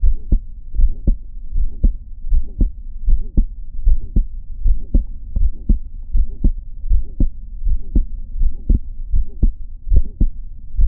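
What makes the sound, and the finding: Heart by stethoscope. Mitral valve prolapse.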